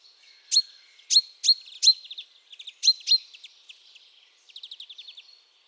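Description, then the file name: Common chaffinch: several sharp high notes, each trailed by short buzzy elements, then a soft short trill, in a quiet background. "Fringilla coelebs"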